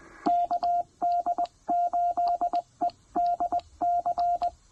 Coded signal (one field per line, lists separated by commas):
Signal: Morse code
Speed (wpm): 20 wpm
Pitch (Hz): 690 Hz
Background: radio noise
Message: KD8EDC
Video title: Brilliant Trailside POTA with the TR-45L and PackTenna Random Wire at Lake Norman State Park!